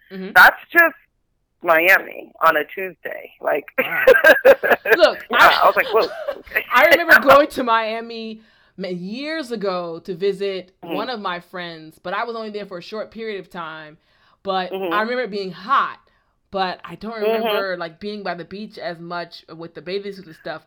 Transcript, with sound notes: That’s just Miami on a Tuesday.
Wow. [laughs] Look, I remember going to Miami years ago to visit one of my friends but I was only there for a short period of time but –
– I remember it being hot but I don’t remember –
– like being by the beach as much with the bathing suits and stuff.